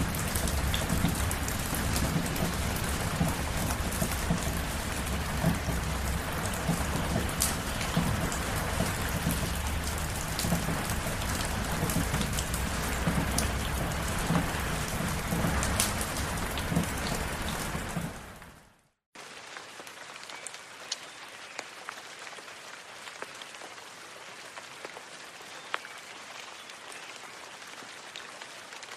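Rain falls steadily in a dense, full hiss with a heavy low rumble underneath for the first eighteen seconds. It then fades quickly to a brief silence near nineteen seconds and resumes as lighter, thinner rain with scattered sharp drops.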